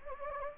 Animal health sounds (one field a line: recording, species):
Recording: mosquito wingbeat signal from an infrared sensor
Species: Anopheles gambiae